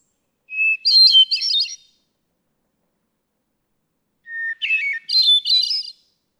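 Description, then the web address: Hermit thrush delivering two song phrases, each opening with a sustained pure tone and dissolving into bright, tumbling, reedy-flute trills, with silence between. "birdsongforthecurious songs Hermit Thrush"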